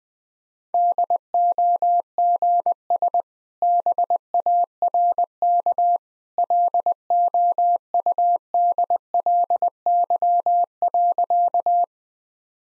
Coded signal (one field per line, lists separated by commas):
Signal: Morse code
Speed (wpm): 20 wpm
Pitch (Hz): 700 Hz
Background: none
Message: DOGS BARK LOUDLY.